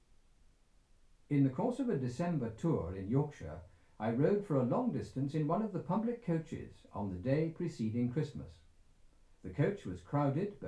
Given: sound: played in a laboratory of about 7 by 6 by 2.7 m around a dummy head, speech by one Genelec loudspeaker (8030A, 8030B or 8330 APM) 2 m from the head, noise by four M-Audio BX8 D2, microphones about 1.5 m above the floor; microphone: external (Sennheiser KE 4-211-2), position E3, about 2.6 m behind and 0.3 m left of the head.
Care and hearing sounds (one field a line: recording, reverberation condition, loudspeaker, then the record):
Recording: male speech in English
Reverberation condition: low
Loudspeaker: 150 degrees to the left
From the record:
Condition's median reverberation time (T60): about 310 ms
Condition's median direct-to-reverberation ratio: about 3.5 dB